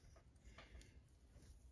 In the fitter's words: and it's not catching